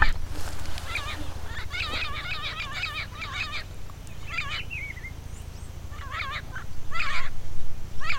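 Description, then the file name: Bird calls in quick bursts of harsh, warbling notes, several in a row, then a short whistled slur and more clustered bursts, over a steady low hum. "SABIOD 50 bird 2015"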